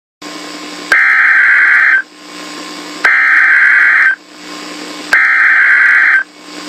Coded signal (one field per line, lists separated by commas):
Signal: Emergency Alert System (SAME) tones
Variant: header bursts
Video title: EAS:TORNADO WARNING AT NEW YORK AND LOS ANGELES. Idk the counties in USA.